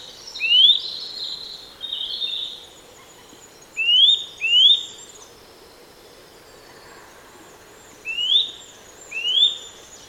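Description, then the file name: Eurasian nuthatch giving several rising whistled calls, loosely paired, with a flatter note early on and faint high thin notes. "Sitta europaea"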